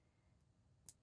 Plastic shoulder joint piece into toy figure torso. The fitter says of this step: It just snaps right in the shoulders.